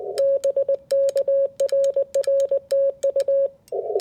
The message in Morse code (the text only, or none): BK RR TU